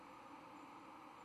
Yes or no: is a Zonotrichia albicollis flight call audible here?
no